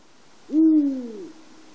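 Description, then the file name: Eurasian eagle-owl, one deep drawn-out hoot lasting under a second, slightly falling at the end, against quiet hiss. Dohoku, on 5 March 2010. "washimimizuku dohoku hanada"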